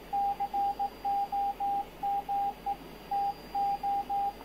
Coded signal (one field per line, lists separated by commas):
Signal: Morse code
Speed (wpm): 16 wpm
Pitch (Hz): 800 Hz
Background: radio noise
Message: COME TO